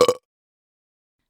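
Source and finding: Burp (belch).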